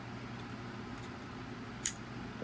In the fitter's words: Just like that. And you'll hear it click.